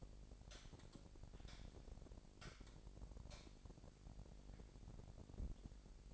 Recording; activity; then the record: daily activity, microphone in the room; light on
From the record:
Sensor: 5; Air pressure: 1012.0 hPa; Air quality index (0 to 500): 248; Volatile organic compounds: 4 ppm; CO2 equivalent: 1698 ppm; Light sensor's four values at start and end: 39/92/38/40 and 40/96/40/42